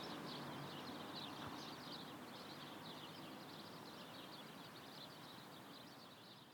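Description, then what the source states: Birds chirping in a dense, continuous high twittering chorus under a steady roar of passing traffic. Recorded outside on a winter morning with cars passing.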